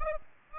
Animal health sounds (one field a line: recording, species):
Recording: mosquito wingbeat signal from an infrared sensor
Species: Aedes aegypti